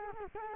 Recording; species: mosquito wingbeat signal from an infrared sensor; Culex quinquefasciatus